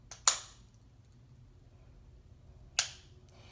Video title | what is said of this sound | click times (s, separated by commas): Aimovig Injection Time | hear that click that means it's finished injection injecting | 2.8 s